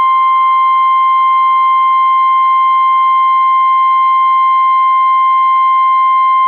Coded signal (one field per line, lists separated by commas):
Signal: Emergency Alert System (SAME) tones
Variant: 1050 Hz attention tone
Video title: Severe Thunderstorm Watch #664 EAS#757